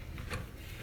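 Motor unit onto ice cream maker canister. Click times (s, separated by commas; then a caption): 0.2 s. An ice cream maker's motor unit is fitted onto the nose of the canister, which has grooves on each side and only goes on one way. A short, sharp click at 0.2 seconds marks the motor seating and locking into place, followed by a slightly louder knock just after 0.3 seconds.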